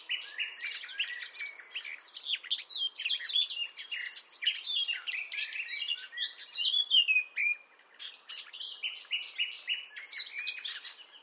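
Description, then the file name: Common nightingale singing almost without pause: dense varied phrases of sharp clicks, whistles and descending slurs, with a brief break near eight seconds before more rapid notes. "Luscinia megarhynchos"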